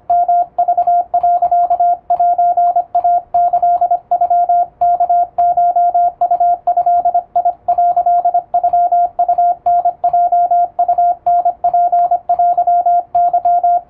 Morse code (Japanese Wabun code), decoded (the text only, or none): ヨク、セイキノワコウド」ノウタヲウタツテケ